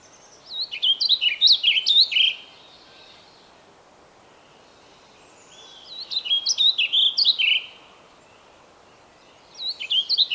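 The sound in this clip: Bird song: three fast bursts of high, swooping whistled notes separated by pauses, the last cut off.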